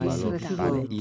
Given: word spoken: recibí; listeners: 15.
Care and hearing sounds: one Spanish word in noise, from a listening test; four-talker babble; -2.5 dB; 1 of 15; 7 of 15; 0.61 s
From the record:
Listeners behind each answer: 7, 1, 1, 1, 1, 1, 1, 1, 1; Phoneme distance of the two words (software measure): 48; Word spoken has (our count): 3 syllables, 6 phonemes, stress on syllable 3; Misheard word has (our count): 3 syllables, 6 phonemes, stress on syllable 2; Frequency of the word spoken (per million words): 6.76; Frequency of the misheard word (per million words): 96.09

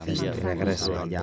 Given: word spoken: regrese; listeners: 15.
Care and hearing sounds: one Spanish word in noise, from a listening test; four-talker babble; -0.4 dB; 2 of 15; 8 of 15; 0.83 s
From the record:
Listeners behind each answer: 8, 3, 2, 1, 1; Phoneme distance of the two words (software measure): 10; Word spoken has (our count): 3 syllables, 7 phonemes, stress on syllable 2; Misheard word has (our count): 3 syllables, 7 phonemes, stress on syllable 2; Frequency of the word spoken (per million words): 4.06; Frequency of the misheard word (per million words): 14.97

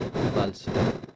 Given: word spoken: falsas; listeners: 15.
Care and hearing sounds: one Spanish word in noise, from a listening test; noise modulated by one talker; -7.8 dB; 0 of 15; 7 of 15; 0.76 s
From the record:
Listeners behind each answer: 7, 6, 1, 1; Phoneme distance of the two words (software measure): 17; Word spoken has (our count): 2 syllables, 6 phonemes, stress on syllable 1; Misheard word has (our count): 2 syllables, 5 phonemes, stress on syllable 1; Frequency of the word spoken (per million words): 12.53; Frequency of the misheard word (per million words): 24.10

